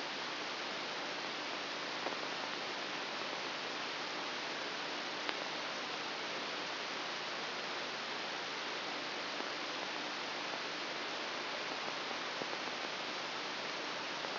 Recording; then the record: brain microelectrode recording played as sound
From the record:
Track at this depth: inside the subthalamic nucleus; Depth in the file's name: 0.209 mm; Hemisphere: right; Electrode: 3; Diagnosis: Parkinson's disease